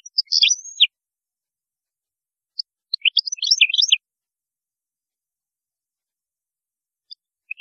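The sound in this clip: European goldfinch song in two short bursts of high, scattered chirps and tinkling notes, with long quiet gaps and a few isolated single notes.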